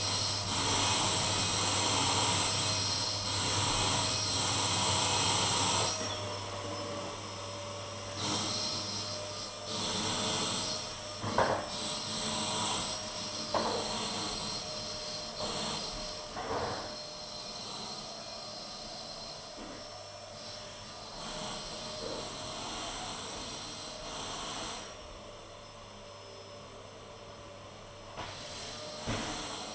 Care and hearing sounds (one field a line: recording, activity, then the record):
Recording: daily activity, microphone in the room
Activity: vacuum cleaning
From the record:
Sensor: 4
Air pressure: 1011.1 hPa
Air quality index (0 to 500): 150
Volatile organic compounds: 3 ppm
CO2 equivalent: 1532 ppm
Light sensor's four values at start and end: 84/224/94/99 and 81/218/91/96